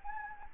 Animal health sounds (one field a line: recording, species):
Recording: mosquito wingbeat signal from an infrared sensor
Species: Anopheles gambiae